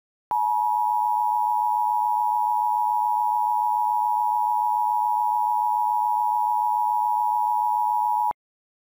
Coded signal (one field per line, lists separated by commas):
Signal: Emergency Alert System (SAME) tones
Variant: 853 and 960 Hz attention tone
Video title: Caillou Goes to Sesame Street - Bonus EAS Video